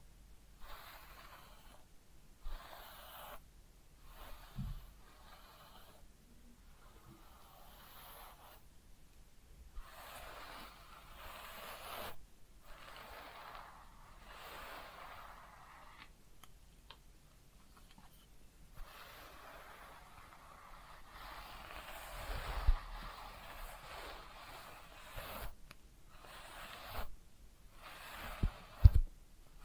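Head massage and ear cleaning: soft, steady rubbing and scratching in repeating strokes, broken by brief pauses, with a few sharper taps near the end.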